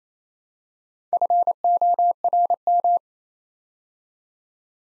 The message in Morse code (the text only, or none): FORM